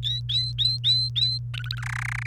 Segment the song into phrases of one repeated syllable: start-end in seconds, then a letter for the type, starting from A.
0.03-1.38 A, 1.54-1.82 B, 1.83-2.27 C